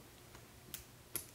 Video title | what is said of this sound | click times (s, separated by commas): ThinkPad X220: ExpressCard 3x USB 3 | You stick the card in and you press it until you hear the click | 1.2 s